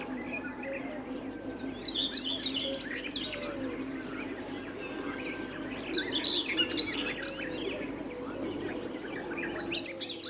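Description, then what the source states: Eurasian blackcap singing bursts of high warbling phrases, pausing and resuming, over a constant low background hum. Described as one of our best forest songbirds.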